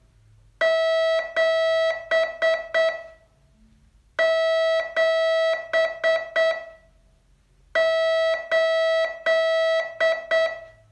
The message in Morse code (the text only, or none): 7 7 8